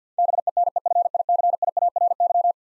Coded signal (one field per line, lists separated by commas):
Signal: Morse code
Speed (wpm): 50 wpm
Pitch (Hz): 700 Hz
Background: none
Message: BENEFICIARY